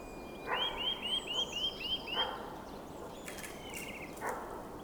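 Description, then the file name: Eurasian nuthatch uttering a rapid string of seven ringing, upward-sweeping whistles, followed by fainter twittering and a few sharp clicks against a hissy background. "Sitta europaea"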